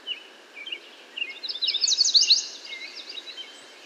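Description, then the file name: American yellow warbler song: a few soft lead-in notes building into one fast, sweet, high warbled phrase that quickly fades, over light background hiss. "American Yellow Warbler Setophaga aestiva"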